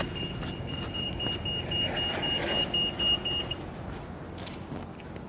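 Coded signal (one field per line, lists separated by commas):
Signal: beep code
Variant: pelican crossing audible signal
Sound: fast repeating high beeps, about four per second, then stop; traffic noise behind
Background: street traffic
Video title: PEEK TLED Traffic Lights Pedestrian Crossing at The Cobbler in Pontefract (Beeping Sounds)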